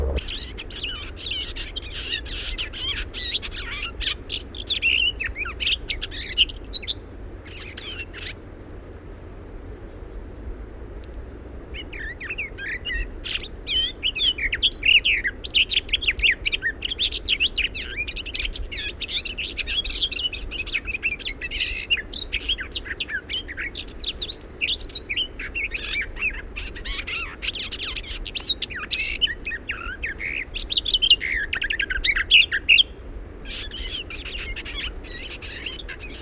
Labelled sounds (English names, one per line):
Garden Warbler song